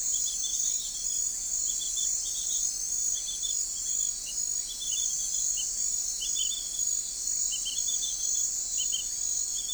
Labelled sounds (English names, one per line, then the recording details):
none
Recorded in forest near Pivijay, Magdalena, Colombia, on 3 June 2023 at 02:00
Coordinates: 10.467, -74.380
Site Z5-G034